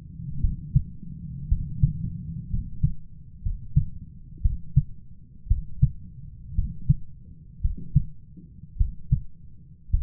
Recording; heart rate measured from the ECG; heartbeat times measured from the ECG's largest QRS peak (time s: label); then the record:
heart sounds by stethoscope; 57 bpm
0.40 s: heartbeat
1.48 s: heartbeat
2.49 s: heartbeat
3.42 s: heartbeat
4.41 s: heartbeat
5.47 s: heartbeat
6.54 s: heartbeat
7.61 s: heartbeat
8.77 s: heartbeat
9.90 s: heartbeat
From the record:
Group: healthy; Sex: male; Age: 23 years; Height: 178 cm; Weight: 96.6 kg